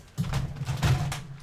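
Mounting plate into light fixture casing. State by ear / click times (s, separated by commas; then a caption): not seated / none. A mounting plate is handled against the casing of a DIY light fixture during assembly, with short knocking and scraping sounds near 0.3, 0.8 and 1.1 seconds over a low hum. The plate has not locked into the casing yet; nothing has seated or clicked.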